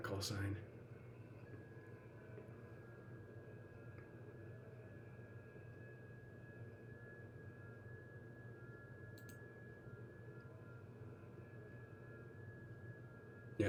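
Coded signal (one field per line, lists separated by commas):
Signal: FT8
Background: speech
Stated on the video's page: Real-time FT8 on 20 meters.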